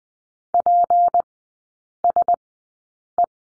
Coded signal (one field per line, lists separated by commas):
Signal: Morse code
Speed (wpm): 20 wpm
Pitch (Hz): 700 Hz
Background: none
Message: PSE